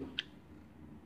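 The steel blade of a Bahco Laplander folding bushcraft saw, its lock button pressed, swings open and locks into the handle lock with one short, not very loud click at 0.2 s. The click is bright, centred around 2–4 kHz, over a steady low background hum. The blade is confirmed locked open.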